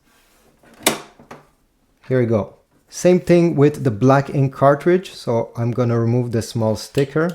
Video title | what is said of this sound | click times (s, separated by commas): How to Load the Ink Cartridges In Your HP DeskJet 4255e Printer | and simply push it slightly up. Okay. Like that. Until it clicks in place. | 0.9 s